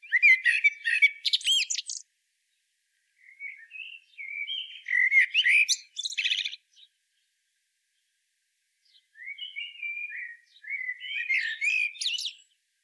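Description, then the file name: Common blackbird delivering three separate song phrases, each mixing mellow whistles with high squeaky twittering, separated by pauses of about one and two seconds; background otherwise silent. "Turdus merula"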